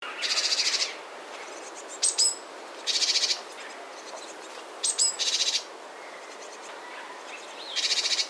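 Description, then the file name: Great tit giving harsh buzzy churrs every few seconds, with brief thin high notes between them, over a steady hiss. "Parus major"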